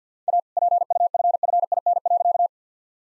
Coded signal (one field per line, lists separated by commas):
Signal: Morse code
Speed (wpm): 50 wpm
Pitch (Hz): 700 Hz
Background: none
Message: A PUFFIN.